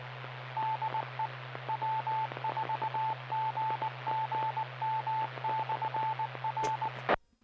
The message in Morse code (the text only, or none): DE W4GGM/R